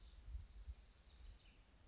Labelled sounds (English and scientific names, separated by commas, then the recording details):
House Wren (Troglodytes aedon)
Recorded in Sonoma County, California